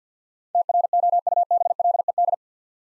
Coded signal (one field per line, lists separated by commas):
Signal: Morse code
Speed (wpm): 50 wpm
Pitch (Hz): 700 Hz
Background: none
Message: TROUBLED